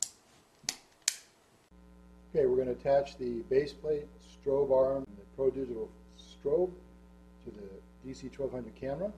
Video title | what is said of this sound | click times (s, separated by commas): Sealife DC1200 with Digital Pro Flash: Install & Setup in Less Than 2 Minutes | and get it locked into place until you hear this red snap | 0.0 s, 0.7 s, 1.1 s